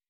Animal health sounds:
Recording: hydrophone in a shrimp aquaculture tank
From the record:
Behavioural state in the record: weakened

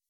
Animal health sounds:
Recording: hydrophone in a shrimp aquaculture tank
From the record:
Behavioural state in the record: weakened

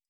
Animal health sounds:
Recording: hydrophone in a shrimp aquaculture tank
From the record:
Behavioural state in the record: stressed

